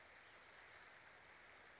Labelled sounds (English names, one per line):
Western Flycatcher